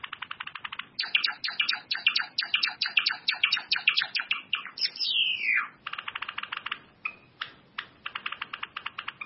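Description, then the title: Bird singing a fast stream of high chirps and rattling notes, with one long swooping whistle midway and then more rapid, regular chirping. "LuckyPassaro Completos2Sama"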